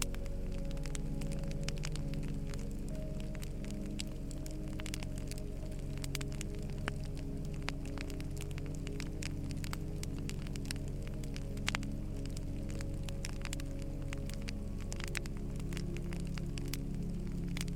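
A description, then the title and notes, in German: Crackling flames snap in quick, irregular pops across the whole clip over a steady low hum, with soft sustained music tones underneath. BERUHIGENDE Musik und KNISTERNDES Feuer. Tauchen Sie ein in die beruhigende Atmosphäre eines Lagerfeuers, wo das hypnotische Knistern der Flammen sich mit sanfter und beruhigender Musik vermischt.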